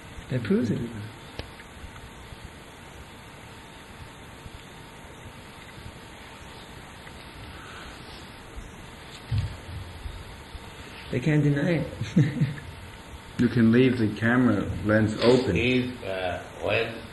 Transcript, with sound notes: That proves it. They can’t deny it. [laughs]
You can leave the camera lens open.
If, when